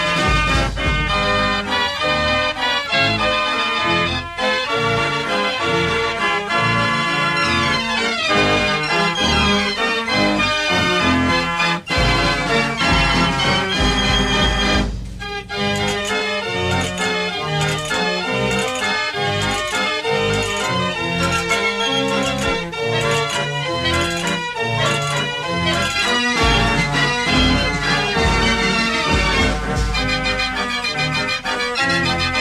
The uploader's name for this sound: Fair Organ